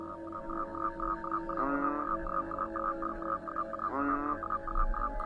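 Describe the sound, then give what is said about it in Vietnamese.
A steady chorus of frogs trills in rapid, rhythmic pulses, broken twice by deeper, drawn-out croaks that swoop downward. No one speaks. “Ngoài kia, ông mơ mơ hồ hồ, nghe thấy đâu đây có tiếng ếch nhái kêu ỉ oạc.”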